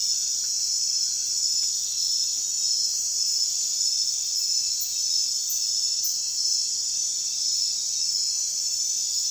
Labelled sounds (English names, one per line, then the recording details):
none
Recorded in secondary vegetation near Puerto Asís, Putumayo, Colombia, on 24 June 2025 at 03:00
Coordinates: 0.498, -76.327
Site GP09